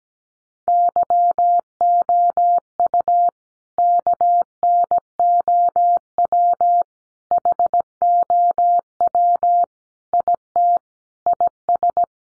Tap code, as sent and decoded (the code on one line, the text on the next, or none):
none